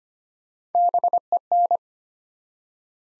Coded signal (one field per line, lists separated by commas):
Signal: Morse code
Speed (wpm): 25 wpm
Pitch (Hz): 700 Hz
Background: none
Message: BEN